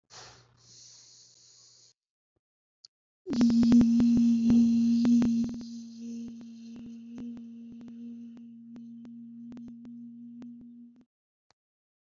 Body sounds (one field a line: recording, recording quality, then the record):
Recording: sustained vowel as in beet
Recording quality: excellent, no background noise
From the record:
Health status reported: healthy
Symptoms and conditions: none ticked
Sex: female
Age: 24 years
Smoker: not ticked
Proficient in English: yes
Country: India